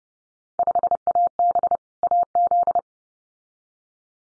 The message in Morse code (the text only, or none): 5AB AZ